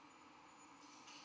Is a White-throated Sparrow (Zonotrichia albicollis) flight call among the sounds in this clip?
no